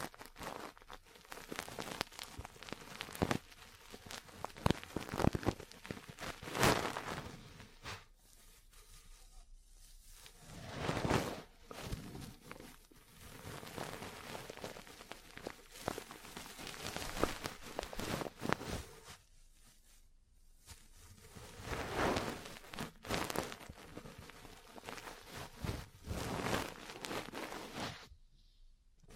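Ear cleaning and massage sounds: dense, crackling scratches and rubbing with sharp bright taps scattered throughout, some louder strokes around 6, 11 and 22 seconds. The texture comes in waves, with brief near-silent pauses around 9, 20 and 28 seconds.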